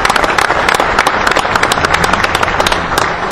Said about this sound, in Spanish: Yo le quiero pedir un fuerte aplauso para toda esa gente que hace Estancia Unida del Sur, para su presidente Inés y para todos los que están todo el día atrás de las vacas.